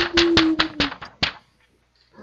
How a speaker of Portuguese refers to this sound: Alguém batendo a sua porta.